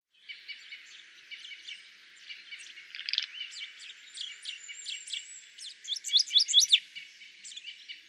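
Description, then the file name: Common chaffinch calling with a busy run of short high chirps and sharp notes, some sliding upward, and a brighter burst of notes near the end. "Fringilla coelebs"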